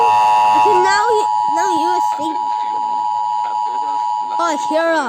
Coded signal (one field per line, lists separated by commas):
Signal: Emergency Alert System (SAME) tones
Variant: 853 and 960 Hz attention tone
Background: speech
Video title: experiences: sauf amerikan eas alarms